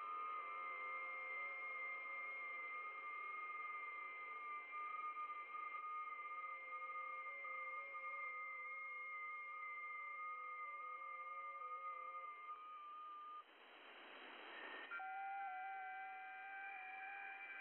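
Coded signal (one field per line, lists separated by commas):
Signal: FT8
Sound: several overlapping steady warbling tones, brief hiss gap, then new tones start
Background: radio static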